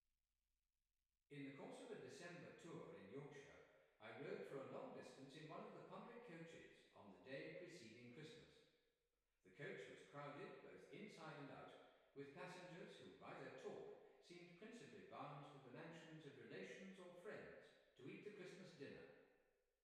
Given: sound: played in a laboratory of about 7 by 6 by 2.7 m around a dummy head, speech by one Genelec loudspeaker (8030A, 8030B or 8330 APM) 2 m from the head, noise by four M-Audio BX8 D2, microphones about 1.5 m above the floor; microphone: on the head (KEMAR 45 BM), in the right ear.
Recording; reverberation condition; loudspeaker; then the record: male speech in English; high; 60 degrees to the left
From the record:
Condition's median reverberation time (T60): about 1300 ms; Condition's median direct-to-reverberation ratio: about -4.0 dB